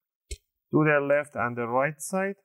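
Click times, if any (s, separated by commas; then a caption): 0.3 s. A pick is rotated toward the back corner between the bottom cover and palm rest of an Asus BR1100CK laptop to unsnap a plastic case clip, which pops open with a sharp click at 0.3 s. Someone then talks.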